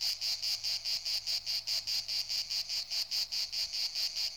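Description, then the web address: Insect call, a shrill, even pulsed chirping at a fast, regular rate, continuing without pause. "animali insetti insect"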